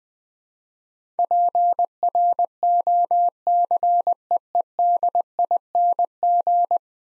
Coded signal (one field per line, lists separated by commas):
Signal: Morse code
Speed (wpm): 20 wpm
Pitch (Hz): 700 Hz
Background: none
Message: PROCEEDING